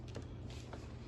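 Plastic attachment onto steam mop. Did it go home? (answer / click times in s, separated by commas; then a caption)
no / none. A plastic attachment is being pushed onto a Vevor Steam Mop 8-in-1 with handheld option because it does not look properly seated. Faint creaks and small plastic ticks around 0.1, 0.2 and 0.7 seconds sit over a steady low hum. Nothing has seated or clicked yet.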